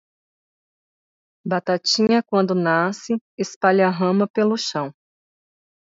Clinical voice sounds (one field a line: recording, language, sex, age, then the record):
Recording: short text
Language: Brazilian Portuguese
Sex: female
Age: 40 to 49 years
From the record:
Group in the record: control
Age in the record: 41 years